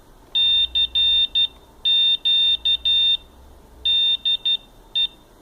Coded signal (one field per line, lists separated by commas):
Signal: Morse code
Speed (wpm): 12 wpm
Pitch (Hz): 2700 Hz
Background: none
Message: CQ DE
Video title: MORSE CODE(CW-A1A)WITH ARDUINO FOR BEACON,FOX HUNT,ETC .(LINK THE PROJECT BELOW)